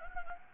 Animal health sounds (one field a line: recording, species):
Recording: mosquito wingbeat signal from an infrared sensor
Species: Anopheles gambiae